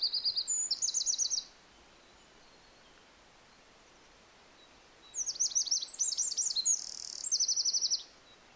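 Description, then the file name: Eurasian wren delivering two loud, very high songs several seconds apart, each a rapid string of sharp notes and rattling trills. "Troglodytes troglodytes"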